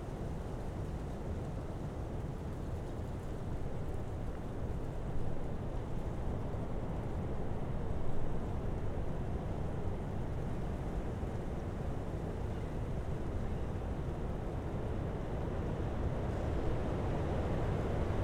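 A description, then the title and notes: A blustery wind roars steadily, a dense low rumble buffeting without pause for the full length. The level stays fairly even, with brief gusts swelling around five and eight seconds and again near the end, while the upper range stays thin and dull. Sounds of Northern Michigan: A Blustery Day on Empire Bluff. This recording features massive wind (welcome to Winter in northern Michigan) blowing through the woods and down the bluff to where I was standing.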